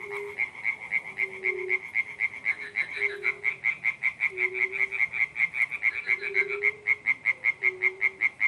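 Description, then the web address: Frog chorus of rapid clicking croaks, repeatedly joined by drawn-out low humming calls. Pond in spring. "zvuki zhivoy prirody vesenniy prud kvakushki"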